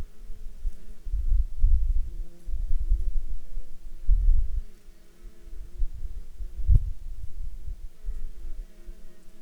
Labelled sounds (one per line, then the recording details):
wind
insects
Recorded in Ivvavik National Park, Yukon, on 5 July 2019 at 15:31
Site SINP09